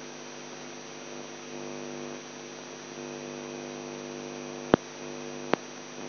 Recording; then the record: brain microelectrode recording played as sound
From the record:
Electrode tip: outside the subthalamic nucleus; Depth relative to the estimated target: 4 mm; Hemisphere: left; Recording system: AlphaMap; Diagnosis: Parkinson's disease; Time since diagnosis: 11 years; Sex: male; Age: 42 years